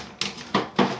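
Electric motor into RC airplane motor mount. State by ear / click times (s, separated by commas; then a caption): seated / 0.2 s. An RC airplane's electric motor is angled in with its shaft toward the center hole and pressed into its tight-fitting motor mount. A sharp pop at 0.2 s is followed by two more squeaky-sounding bumps around 0.5 and 0.8 s. The motor is seated in the mount.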